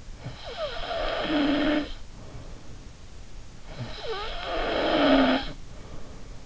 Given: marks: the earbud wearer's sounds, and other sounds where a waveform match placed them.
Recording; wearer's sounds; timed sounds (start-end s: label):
sounds in sleep by an in-ear microphone; snoring breath
0.11-2.87 s: snoring breath
3.65-6.38 s: snoring breath